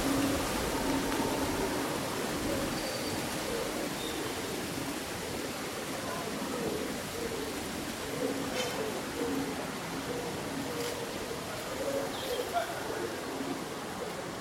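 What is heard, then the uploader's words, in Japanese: A breeze rustles leaves on a summer day, making a dense, steady wash of noise that barely changes in level. Brief crisp rustles flare up near nine, eleven and twelve seconds, and a few faint, high bird chirps show early on. そよ風の吹く夏の日、ざわめく葉と鳥のさえずり。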